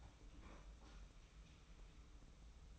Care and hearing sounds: daily activity, microphone in the room; open fridge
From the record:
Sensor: 1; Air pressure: 991.0 hPa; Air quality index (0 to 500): 110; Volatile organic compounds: 109 ppm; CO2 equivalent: 3810 ppm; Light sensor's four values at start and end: 22/52/22/24 and 22/52/22/24

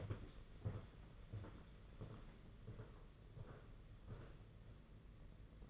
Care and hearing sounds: daily activity, microphone in the room; walk to room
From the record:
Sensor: 4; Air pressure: 992.8 hPa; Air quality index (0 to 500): 177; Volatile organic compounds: 354 ppm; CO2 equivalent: 4592 ppm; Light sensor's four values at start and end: 4/10/4/4 and 4/10/4/4

